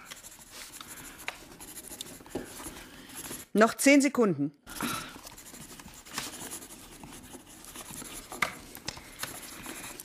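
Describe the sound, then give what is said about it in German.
Several pens scratch steadily across paper in a continuous rustling texture as students write answers during a classroom test, briefly interrupted midway by a short spoken phrase before the writing resumes. “Stifte und Finger weg.”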